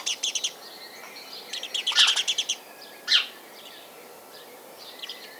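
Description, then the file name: House sparrow chirps in short rapid bursts, a quick series of bright notes, a louder cluster in the middle, then one sharp chirp and a few faint ones. "Passer domesticus"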